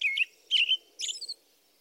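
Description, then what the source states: American Robin singing three quick warbled phrases, the last higher and squeakier, in a short burst. Classic primary song, described as a consistently repeated sound forming a pattern.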